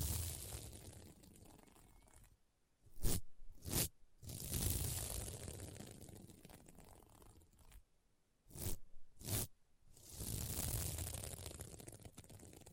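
Scratching across a sequin mermaid pillow comes in long, rough, hissing strokes, with brief silent gaps near 2.5 and 8 seconds. Between the strokes, sharp bright flicks of the sequins snap out in pairs around 3–4 and 8.5–9.5 seconds.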